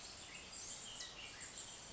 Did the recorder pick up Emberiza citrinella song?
no